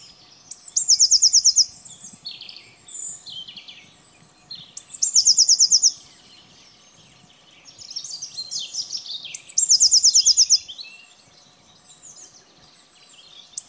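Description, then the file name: Eurasian blue tit repeating a high, silvery trill roughly every four seconds, three phrases in all, with softer twittering between them. "Cyanistes caeruleus"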